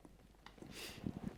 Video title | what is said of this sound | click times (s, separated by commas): Gear: BMW R1250GS Lightweight Luggage Part 1: Outback Motortek/Enduristan Monsoon Evo Panniers 4K | There we go. And that just locks on like that. | 0.5 s